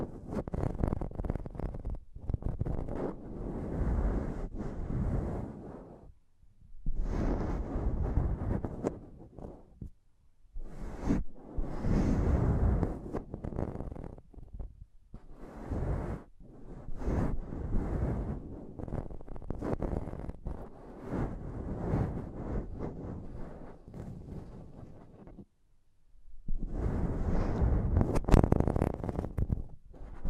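Rough tapping and scratching on a microphone comes in dense, bursty stretches of a few seconds, with short silent gaps and occasional sharp clicks.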